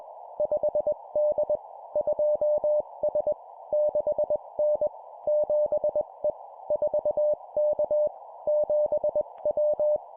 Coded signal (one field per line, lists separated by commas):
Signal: Morse code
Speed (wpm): 21 wpm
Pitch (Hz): 600 Hz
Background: none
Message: 5D 2S 6N 7E 4K 7W